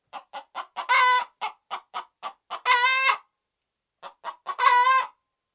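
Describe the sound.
Red junglefowl cackling: a run of short, sharp clucks about every quarter second, broken by three longer, harsh, drawn-out squawks.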